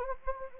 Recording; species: mosquito wingbeat signal from an infrared sensor; Anopheles gambiae